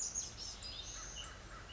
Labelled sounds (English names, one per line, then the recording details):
American Crow
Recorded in Sonoma County, California